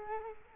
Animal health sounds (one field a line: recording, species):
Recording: mosquito wingbeat signal from an infrared sensor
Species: Culex quinquefasciatus